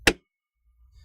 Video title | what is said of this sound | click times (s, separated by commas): 2017-18 GM Colorado/Canyon - Delta Force Cold Air Intake 615165 | make sure you hear it snap okay | 0.1 s